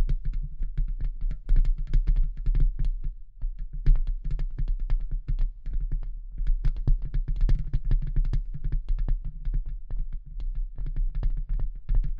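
Dense, irregular tapping and scratching clicks run throughout, sharp and rapid, over a steady low hum that persists underneath.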